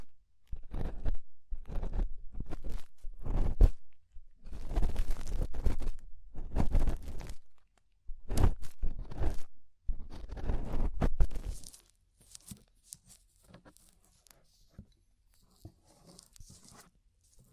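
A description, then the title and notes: Ear scraping, heard as dry, crunchy rasping strokes in bursts: short scrapes in the first four seconds, then longer continuous scraping runs around 4–7 and 8–12 seconds. After about 12 seconds it drops to faint, sparse scratches and light ticks. Inner and Outer Ear Scraping (No Talking).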